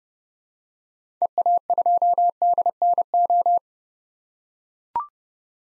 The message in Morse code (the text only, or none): EA2DNO